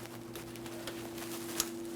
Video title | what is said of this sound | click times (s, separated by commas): How to Replace Mass Airflow Sensor 2011-2020 Toyota Sienna 3.5L V6 | Press it in, listen for a click. | 1.6 s